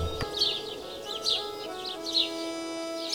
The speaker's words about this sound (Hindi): पक्षियों की बोलियां कान में मधुर संगीत की तरह बज रही है।